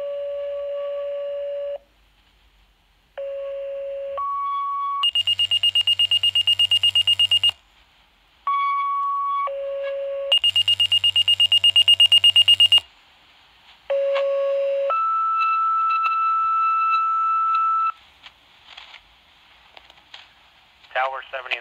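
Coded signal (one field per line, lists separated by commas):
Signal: two-tone page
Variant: fire dispatch tones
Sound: steady low tone then higher tone, followed by fast high-pitched beeping; sequence repeats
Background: radio static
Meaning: Alerts assigned fire units to a structure fire dispatch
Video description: 2nd Alarm Structure fire dispatch tones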